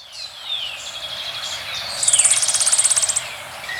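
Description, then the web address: Rusty flowerpiercer, a very high, thin, rapid trill lasting about a second, preceded by soft twittering notes, over steady background hiss. Recorded in Ecuador. "Natures Songs S America Birds of Ecuador. Rusty Flowerpiercer"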